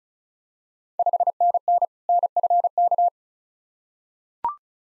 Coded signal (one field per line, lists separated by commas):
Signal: Morse code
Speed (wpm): 36 wpm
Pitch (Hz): 700 Hz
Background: none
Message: 5NN NFK